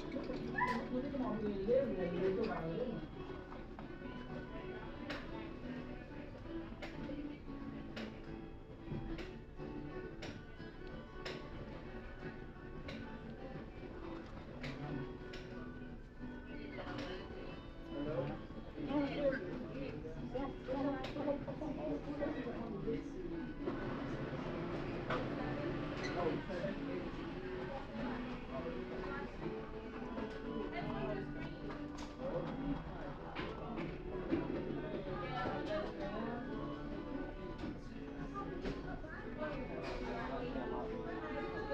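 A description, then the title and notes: Inside a busy fast-food restaurant in New York City, a steady murmur of many overlapping voices fills the room, with no one voice standing out. Short clicks and clatters come through every few seconds over a low rumble from the street or traffic. NYC sounds: McDonald's.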